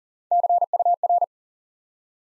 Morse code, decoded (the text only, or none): CUR